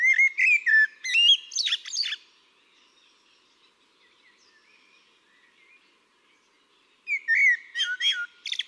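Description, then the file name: Eurasian blackbird song in two bursts of warbling whistles and high, scratchy twittering, separated by a long pause. "Turdus merula"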